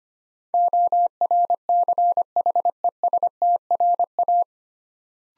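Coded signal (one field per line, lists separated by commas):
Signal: Morse code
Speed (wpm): 25 wpm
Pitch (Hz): 700 Hz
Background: none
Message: ORCHESTRA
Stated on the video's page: Morse practice, 25 wpm, 9-letter words built 3 letters at a time.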